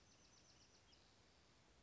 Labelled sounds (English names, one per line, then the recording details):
Bewick's Wren
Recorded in Sonoma County, California